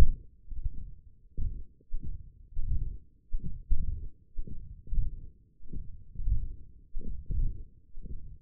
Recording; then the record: forearm muscle sounds (acoustic myography)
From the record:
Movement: hand closing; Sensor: system 1, eight BSWA MPA416 microphones around the upper forearm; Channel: 4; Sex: male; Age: 21 years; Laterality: right